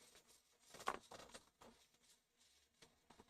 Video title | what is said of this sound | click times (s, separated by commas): Vintage Pen Repair - December 2nd, 2025 | There we go. See, that one goes in. Snaps in place. | 0.9 s